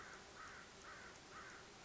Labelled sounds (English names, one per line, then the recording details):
American Crow
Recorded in Sonoma County, California